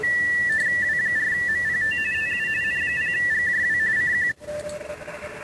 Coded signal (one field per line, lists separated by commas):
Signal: RTTY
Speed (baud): 45.45 baud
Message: W4MPT TU N0GJW CQ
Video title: Weekly RTTY Test and Stuff.... 08-28-2026